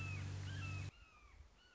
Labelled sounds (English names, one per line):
Red-shouldered Hawk